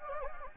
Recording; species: mosquito wingbeat signal from an infrared sensor; Anopheles gambiae